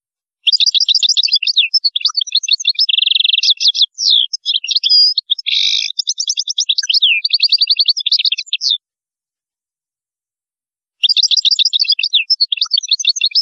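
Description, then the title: European goldfinch singing a long, fast jumble of bright twittering notes and nasal buzzes, then falling silent before a shorter burst resumes at the end. "Chant Chardonneret"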